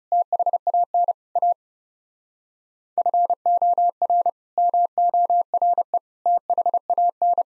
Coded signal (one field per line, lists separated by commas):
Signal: Morse code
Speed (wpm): 39 wpm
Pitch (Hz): 700 Hz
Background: none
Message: THAN A FOR MORE THAN